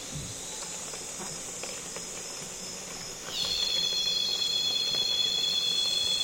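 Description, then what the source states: Cicada call: a steady high hiss of insects, then at three seconds a loud harmonic drone sweeps down and holds, a continuous ringing tone over faint background buzzing. Loud cicadas calling on a calm afternoon in Congo basin rainforest, with other insects flying and buzzing close to the microphones.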